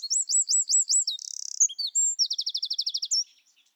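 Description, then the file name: Eurasian wren song: a very high, rapid run of repeated hooked notes, a fast buzzy trill, then a long even rattle of quick notes ending in a sharp flourish. "Troglodytes troglodytes"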